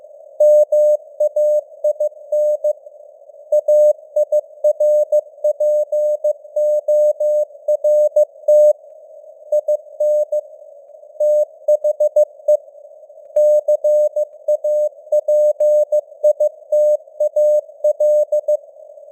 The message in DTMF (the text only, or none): none